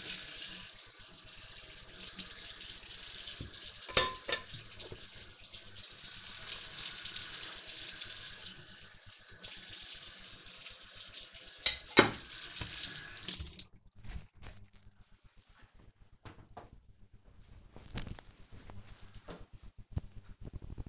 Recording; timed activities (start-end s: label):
household activities, microphone on the right wrist
0.00-13.06 s: washing dishes